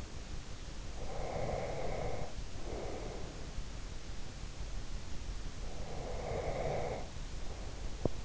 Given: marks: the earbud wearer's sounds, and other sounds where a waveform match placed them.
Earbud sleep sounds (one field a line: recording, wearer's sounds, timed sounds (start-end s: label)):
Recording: sounds in sleep by an in-ear microphone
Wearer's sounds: breath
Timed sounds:
0.16-3.68 s: breath
5.59-8.24 s: breath